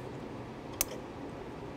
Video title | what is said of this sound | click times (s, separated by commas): 2013 Dodge Journey Trailer Wiring Installation (w/ LED Lights) | in until they click making sure we have a good connection we'll | 0.8 s